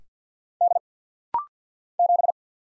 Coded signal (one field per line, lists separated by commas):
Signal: Morse code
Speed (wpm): 49 wpm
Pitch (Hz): 700 Hz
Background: none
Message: D 7